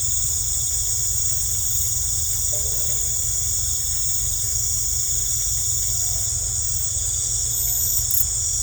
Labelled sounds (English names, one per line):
none